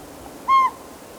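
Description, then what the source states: Northern Pygmy-Owl call: one brief, clear, even-pitched toot, slightly dropping at its end, with faint background hiss. Calling again; Pearson Creek, Ochoco Mountains, 4,000 feet, Crook County, Oregon; June 25, 1997.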